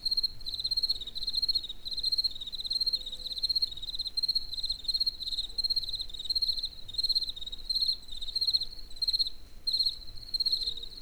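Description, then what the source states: Cricket song of repeated high trilled chirps, steady and rhythmic throughout, with faint low hum and a tone. In nature near the Eger tourist house (Egerturistaház).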